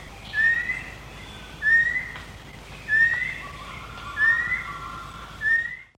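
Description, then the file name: Banded kingfisher giving clear upslurred whistles, one about every one and a quarter seconds, over a quiet background with faint whistling. "cekakak hutan melayu"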